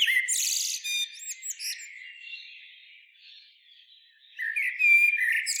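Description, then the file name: Common blackbird song: a low fluty warble ending in thin, squeaky high twitters, then a long quiet stretch before another mellow phrase near the end. "Turdus merula"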